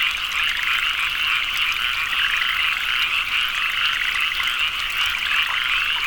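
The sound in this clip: Frogs calling in a dense, continuous chorus of overlapping high croaks and trills, steady throughout without a break.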